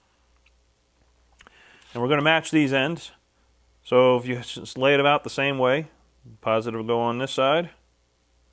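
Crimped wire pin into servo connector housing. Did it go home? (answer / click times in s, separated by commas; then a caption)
no / none. A crimped wire pin is lined up with a plastic servo connector housing while a battery lead is being built, with a few faint handling ticks near 0.5 and 1.4 seconds. Someone talks throughout. Nothing has seated or clicked yet; the pin is not pushed home by the end.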